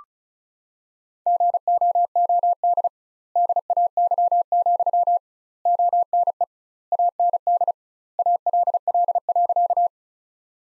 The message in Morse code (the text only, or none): GOOD DAY, ONE AND ALL.